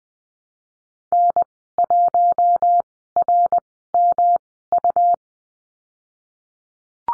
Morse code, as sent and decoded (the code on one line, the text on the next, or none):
-. .---- .-. -- ..-
N1RMU